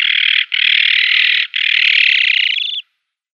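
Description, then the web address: Azure-winged magpie giving three harsh rasping calls in quick succession, followed by silence. "Schulze Peter Azure-winged Magpie calls"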